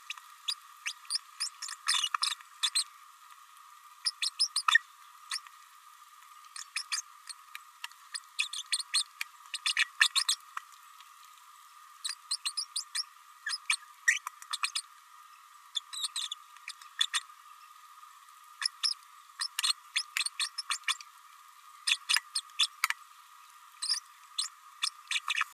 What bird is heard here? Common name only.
Green-rumped Parrotlet